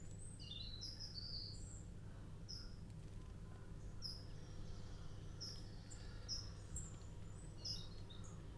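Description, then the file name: European robin song, faint: scattered high tinkling and trilled phrases over a steady low hum. "Erithacus rubecula"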